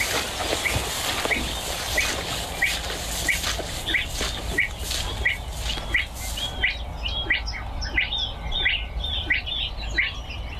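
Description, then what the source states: Spotted Crake calls, a sharp upslurred whistled note repeated about every two-thirds of a second through heavy wind-like noise that drops away midway. Male calling in reed marsh; rare bird; a rail living in marsh reeds.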